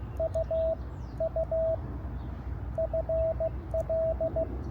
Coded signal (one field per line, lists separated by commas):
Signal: Morse code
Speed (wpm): 15 wpm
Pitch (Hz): 650 Hz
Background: none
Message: U U FL